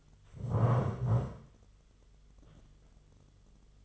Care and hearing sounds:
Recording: daily activity, microphone in the room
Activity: stand up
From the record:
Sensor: 4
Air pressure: 1006.0 hPa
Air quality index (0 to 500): 110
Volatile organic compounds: 3 ppm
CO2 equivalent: 1378 ppm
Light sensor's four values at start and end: 12/28/11/10 and 12/28/11/10

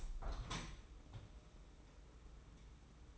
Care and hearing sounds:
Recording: daily activity, microphone in the room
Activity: open window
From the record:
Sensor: 1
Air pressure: 991.3 hPa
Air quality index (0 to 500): 113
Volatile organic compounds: 132 ppm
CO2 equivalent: 3941 ppm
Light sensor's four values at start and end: 37/117/46/48 and 38/119/47/49

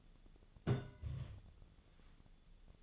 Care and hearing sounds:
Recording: daily activity, microphone in the room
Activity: place on stove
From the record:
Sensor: 4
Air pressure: 1000.8 hPa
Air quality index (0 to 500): 124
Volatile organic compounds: 1 ppm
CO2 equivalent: 936 ppm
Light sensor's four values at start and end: 41/101/42/47 and 41/101/42/47

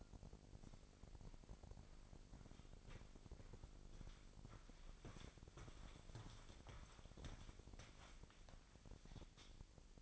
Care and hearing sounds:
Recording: daily activity, microphone in the room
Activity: walk to room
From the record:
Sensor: 5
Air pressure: 999.6 hPa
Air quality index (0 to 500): 220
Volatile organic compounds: 20 ppm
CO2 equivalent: 2701 ppm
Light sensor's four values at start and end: 35/81/32/31 and 33/76/31/30

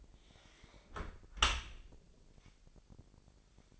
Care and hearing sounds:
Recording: daily activity, microphone in the room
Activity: close dishwasher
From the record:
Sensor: 5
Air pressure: 1000.7 hPa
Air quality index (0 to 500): 248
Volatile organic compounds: 34 ppm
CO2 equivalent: 3048 ppm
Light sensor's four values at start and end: 31/72/29/27 and 32/73/29/27

